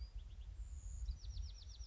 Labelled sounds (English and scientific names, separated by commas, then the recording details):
Bewick's Wren (Thryomanes bewickii)
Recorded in Sonoma County, California